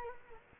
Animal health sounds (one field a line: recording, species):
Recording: mosquito wingbeat signal from an infrared sensor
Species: Culex quinquefasciatus